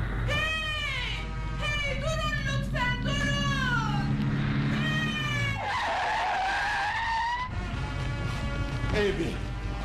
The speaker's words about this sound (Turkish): Oh, bir araba geliyor. Ama tozdan görünmüyor. Dursa bari.